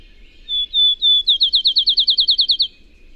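Bird singing a loud phrase of three sustained whistled notes leading into a rapid, regular trill of around a dozen slurred notes, over a quiet low rumble.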